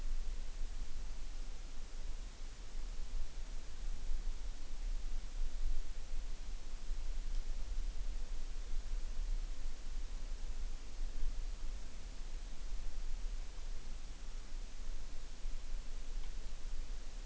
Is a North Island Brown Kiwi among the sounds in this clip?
no